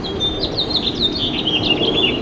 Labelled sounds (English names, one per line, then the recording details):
House Finch song
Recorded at Port Washington on Long Island, New York, on 22 May 2013
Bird B